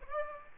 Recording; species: mosquito wingbeat signal from an infrared sensor; Aedes aegypti